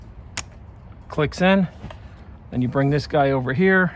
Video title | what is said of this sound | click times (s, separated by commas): 2021 F-150 5.0 J&L Oil Separator review & Install. | in place. Clicks | 0.4 s